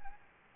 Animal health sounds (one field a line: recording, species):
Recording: mosquito wingbeat signal from an infrared sensor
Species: Anopheles gambiae